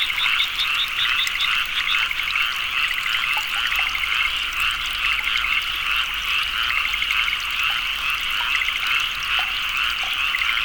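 Frogs croaking together in a busy chorus, fast pulsing trills overlapping without a break.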